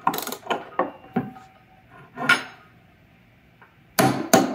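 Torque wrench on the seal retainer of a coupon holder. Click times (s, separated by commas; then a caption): 4.0 s, 4.3 s. A torque wrench set to 35 foot-pounds tightens the seal retainer on a coupon holder, replacing a Sentry STV LP1 seal. Quick ratcheting clicks and scrapes come first. The wrench then gives sharp clicks at about 4.0 and 4.3 seconds, confirming it reached the torque setting.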